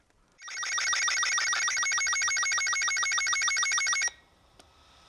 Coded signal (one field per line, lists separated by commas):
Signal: SSTV (slow-scan television)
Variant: Robot 36